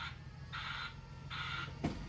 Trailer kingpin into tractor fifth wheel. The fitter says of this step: and it has locked up inside and they have coupled so that's what you want to listen